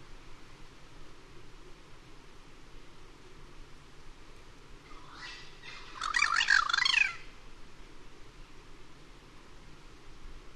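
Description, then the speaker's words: Cuban Crow uttering a single brief burst of harsh, gabbling, nasal notes in the middle, otherwise only a quiet steady hiss. One of two birds, other in background, overlapping duet; 05:37, 18 Feb 2004, Cayoguam east of Moa; overcast, 26°C; perched 15 m up in dead snag; bowing, neck extended, bill open; stereo Telinga DAT. "Vocalizations from one of two Cuban Carreros. Second bird can be heard in the background."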